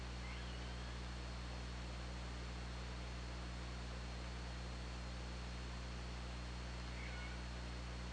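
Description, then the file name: Killer whale calls, two faint bending tonal calls, one at the start and one near the end, over continuous hydrophone hiss and low droning hum. OrcaLab hydrophone, 24 August 2017. "Orca Lab 20170824 221320"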